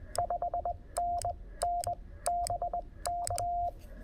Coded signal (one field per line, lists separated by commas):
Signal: Morse code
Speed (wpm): 18 wpm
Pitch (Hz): 690 Hz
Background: none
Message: 5NN BK